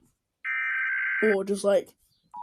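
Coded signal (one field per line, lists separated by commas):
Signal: Emergency Alert System (SAME) tones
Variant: header bursts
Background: speech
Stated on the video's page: Animated alternate EAS alarms.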